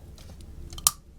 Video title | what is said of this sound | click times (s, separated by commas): Crocodile 377 Fountain Pen Review | the finial here at the end of the section here and that just has that cap snap in place so | 0.9 s